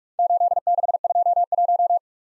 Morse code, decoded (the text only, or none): 8621